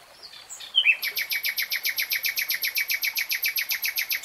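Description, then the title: Nightingale song: a quick whistled note leading into a long, even, rapid series of identical loud pulsed notes. Real-time recording, three hours long. "[Tiếng chim hót] Nightingale Singing"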